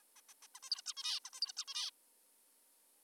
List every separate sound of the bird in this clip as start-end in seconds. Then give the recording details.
0.16-0.21, 0.29-0.34, 0.42-0.47, 0.55-0.60, 0.63-0.70, 0.71-0.82, 0.86-0.94, 0.97-1.20, 1.25-1.30, 1.34-1.40, 1.42-1.52, 1.57-1.65, 1.68-1.91. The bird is an adult. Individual g19o3U